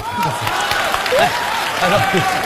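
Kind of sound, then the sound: crowd, audience applause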